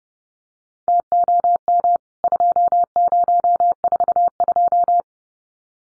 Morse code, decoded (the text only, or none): TOM 2042